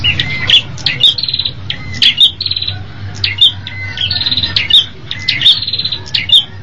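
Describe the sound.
Bird song, a fast chattering run of sharp chirps, short whistles and buzzy trills, phrases repeated roughly every second, with a low steady hum underneath.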